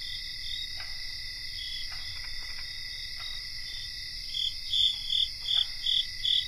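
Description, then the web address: Cricket chorus, steady high ringing trills layered together; a pulsed chirp series begins near the end, about three chirps a second. Cricket chorus recorded in North America. "Nature Songs N America Songs of Insects 77-Cricket chorus"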